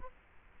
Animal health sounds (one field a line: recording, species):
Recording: mosquito wingbeat signal from an infrared sensor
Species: Culex quinquefasciatus